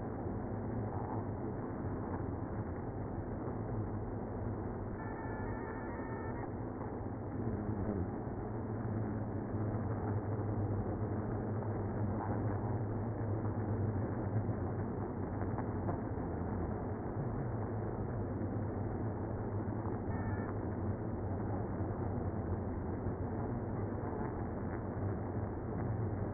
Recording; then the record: honeybee colony, microphone inside the hive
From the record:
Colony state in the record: queenless (queen removed); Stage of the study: after two queens were removed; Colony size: about 60,000 bees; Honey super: yes